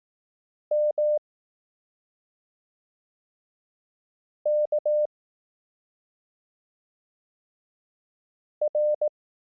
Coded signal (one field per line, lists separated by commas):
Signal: Morse code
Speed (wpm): 18 wpm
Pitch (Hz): 600 Hz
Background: none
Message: M K R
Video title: Learn Morse Code — Lessons 1-3 (Koch Method, 18 wpm)